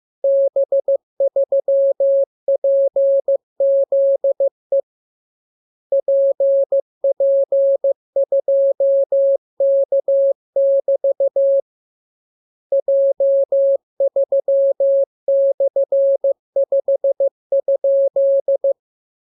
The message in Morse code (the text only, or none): B3PZE PP2K<BT> J3/5?